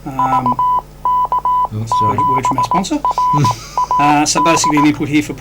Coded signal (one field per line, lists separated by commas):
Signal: Morse code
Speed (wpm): 18 wpm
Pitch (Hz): 1000 Hz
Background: speech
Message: VK7RAD